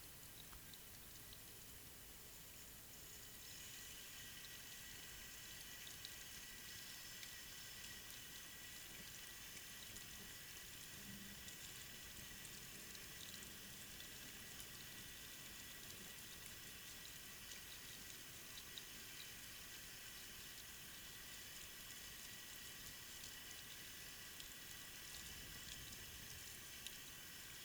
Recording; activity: daily activity, guitar pickup as the sensor; wash hands